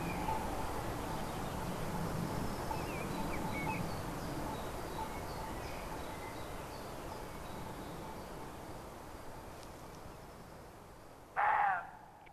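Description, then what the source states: Roe deer giving one sudden rasping bark near the end of a quiet, hissing background with faint scattered bird calls. Recorded 5 May 2011 on an MZ-N710 recorder.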